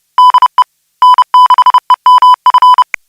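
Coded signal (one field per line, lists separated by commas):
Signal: Morse code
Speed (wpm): 30 wpm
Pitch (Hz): 1000 Hz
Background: music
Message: DE N6EMF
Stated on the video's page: Heard during a weekly SSTV net on an FM repeater on 441.300 MHz in Sacramento, California.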